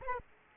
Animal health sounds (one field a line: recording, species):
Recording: mosquito wingbeat signal from an infrared sensor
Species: Aedes aegypti